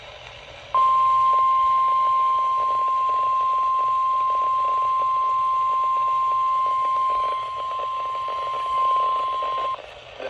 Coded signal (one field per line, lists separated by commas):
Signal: Emergency Alert System (SAME) tones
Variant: 1050 Hz attention tone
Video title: Day And Night - EAS Alerts from 8/29/24 || EAS 1,440-1,448